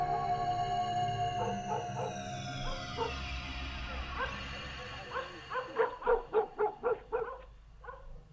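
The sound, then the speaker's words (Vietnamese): A dog at the house next door barks loudly and insistently at night in a quick run of sharp, evenly spaced barks, coming after a few scattered earlier barks over a sustained wailing, siren-like tone. “Cùng lúc đó, tiếng chó sủa ở nhà bên vang lên dữ dội.”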